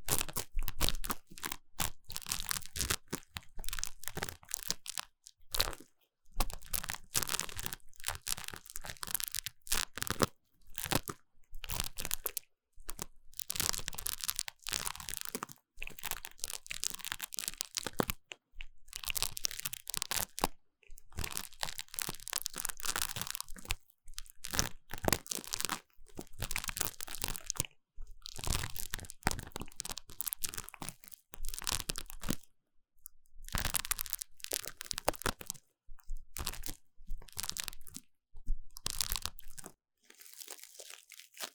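Ear cleaning heard as dense, bright crackly crunching and rustling in bursts, broken by brief silent pauses throughout.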